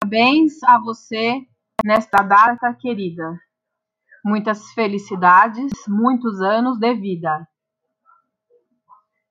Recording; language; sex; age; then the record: short text; Brazilian Portuguese; female; 40 to 49 years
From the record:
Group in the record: control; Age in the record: 42 years